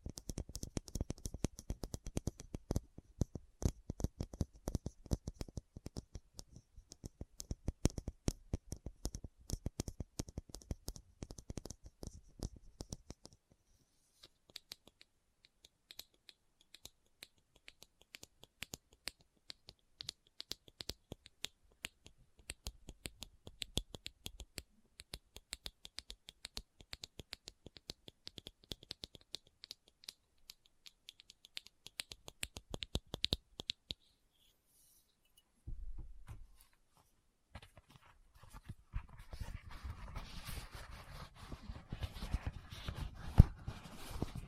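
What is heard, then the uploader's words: Rummaging through a bag with no talking: dense runs of quick clicks, taps and crinkles, busiest in the first thirteen seconds, then lighter, sparser tapping. A near-silent pause comes around thirty-five seconds, followed by softer rustling and rubbing to the end. ASMR What's In My Bag (No Talking).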